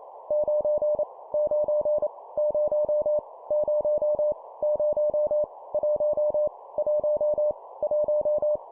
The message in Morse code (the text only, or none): 9 9 0 0 0 1 1 1